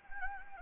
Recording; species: mosquito wingbeat signal from an infrared sensor; Anopheles gambiae